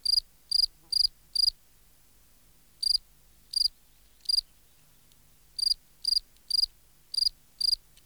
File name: Gryllus campestris